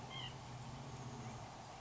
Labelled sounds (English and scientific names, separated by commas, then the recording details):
White-breasted Nuthatch (Sitta carolinensis)
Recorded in Sonoma County, California